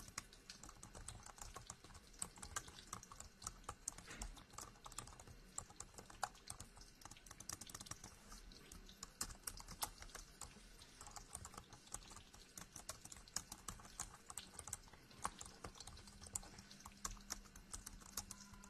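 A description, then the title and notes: Rapid typing clatters on throughout, a dense run of sharp, bright key clicks at an uneven but busy pace. Louder taps and rustling bursts stand out here and there, over a low rumbling undertone, with a faint steady hum rising near the end. Typing, paper shuffling and lots more, including thunder.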